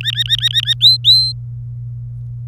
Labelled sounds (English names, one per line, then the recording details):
Domestic Canary song
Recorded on 26 April 2018 at 18:18
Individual llb3